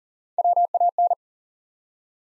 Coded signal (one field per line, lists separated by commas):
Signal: Morse code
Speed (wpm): 38 wpm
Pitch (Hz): 700 Hz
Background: none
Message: WAN